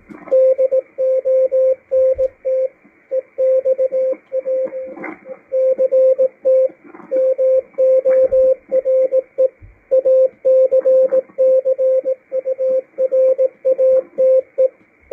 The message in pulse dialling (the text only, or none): none